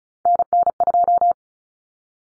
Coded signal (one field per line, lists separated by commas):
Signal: Morse code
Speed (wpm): 34 wpm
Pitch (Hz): 700 Hz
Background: none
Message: NN2